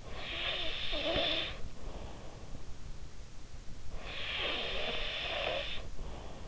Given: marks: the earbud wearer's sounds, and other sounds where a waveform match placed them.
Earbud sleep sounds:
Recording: sounds in sleep by an in-ear microphone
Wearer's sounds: snoring breath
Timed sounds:
0.02-2.54 s: snoring breath
3.93-6.48 s: snoring breath

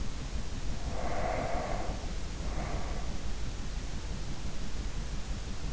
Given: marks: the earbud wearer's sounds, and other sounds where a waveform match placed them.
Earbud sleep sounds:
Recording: sounds in sleep by an in-ear microphone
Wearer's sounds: breath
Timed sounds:
0.58-3.59 s: breath

